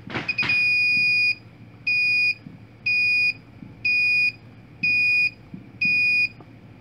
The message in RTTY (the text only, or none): none